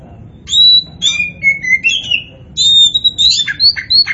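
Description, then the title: Oriental magpie-robin song: clear, drawn-out whistles stepping downward, then a faster run of bright rising and falling notes. Poci-type Oriental magpie-robin singing continuously and vigorously (gacor). "Kacer Poci"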